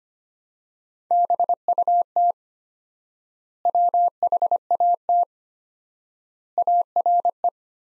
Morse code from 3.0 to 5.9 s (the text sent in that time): WHAT